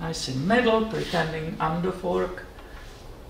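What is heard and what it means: With the ADD actuator removed from a Toyota front differential, a metal shift collar is pushed along by hand with a finger in its groove, standing in for the shift fork, as the shaft is turned. Someone talks throughout while the collar is handled. Nothing has seated or clicked yet.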